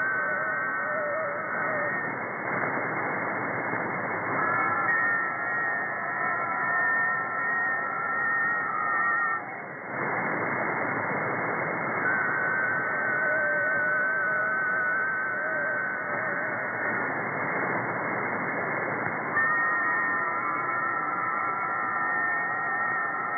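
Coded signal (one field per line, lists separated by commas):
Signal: FT4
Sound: several faint warbling tones over hiss, starting and stopping in 7.5-second cycles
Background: radio static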